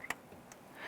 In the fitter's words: you can feel it in here it snap into place and you're all set